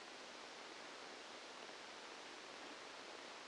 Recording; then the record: brain microelectrode recording played as sound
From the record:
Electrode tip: outside the subthalamic nucleus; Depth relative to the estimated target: -10 mm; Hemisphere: right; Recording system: NeuroSet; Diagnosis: Parkinson's disease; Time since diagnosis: 8 years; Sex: male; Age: 65 years